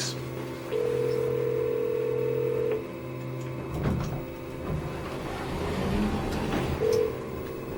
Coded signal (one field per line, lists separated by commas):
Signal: telephone call progress tone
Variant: North America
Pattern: ringback tone